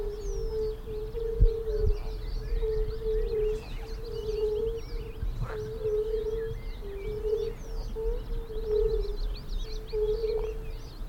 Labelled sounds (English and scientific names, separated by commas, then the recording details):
Fire-Bellied Toad (Bombina bombina)
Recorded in the wild
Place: Linum, Brandenburg, DE
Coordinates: 52.76, 12.88
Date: 1995-06-03 19:15
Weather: heiter, Luft 15,3°C, Wasser 18,5°C
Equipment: Marantz CP 430, Sennheiser ME 80, Kopie Uher 4000 Report Monitor
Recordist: Tembrock, Günter